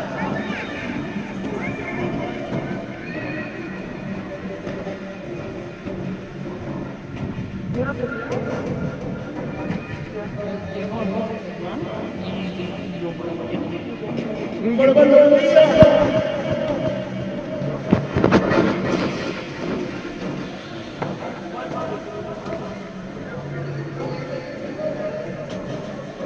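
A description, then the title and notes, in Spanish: A fair's soundscape: a steady crowd murmur of many voices, with a louder cry rising near the middle and a passing rumble underneath. Feria - Paisaje Sonoro. Por José Tomás Piña y Anthony Correa.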